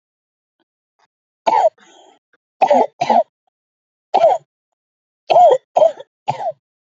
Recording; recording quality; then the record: heavy voluntary cough; excellent, no background noise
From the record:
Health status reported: healthy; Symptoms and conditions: cough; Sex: female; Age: 30 years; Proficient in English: yes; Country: India